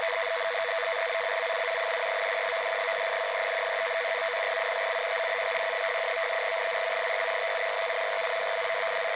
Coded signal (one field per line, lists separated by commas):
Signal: NAVTEX (SITOR-B)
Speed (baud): 100 baud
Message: ZCZC IA11 081319 UTC OCT 21 IZMIR TURK RADIO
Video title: 518 Khz Navtex yayını Sekizgen loop ve RTL-SDR